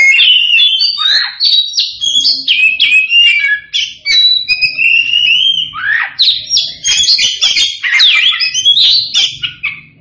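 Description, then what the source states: Oriental magpie-robin singing a fast, varied medley of clear whistles, sharp chips and downslurred notes, delivered almost without a break. Kacer poci variety, singing profusely (gacor).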